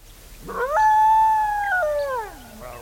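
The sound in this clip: Dingo howl: a single smooth tonal call rising quickly, holding a steady pitch for about a second, then sliding downward and fading.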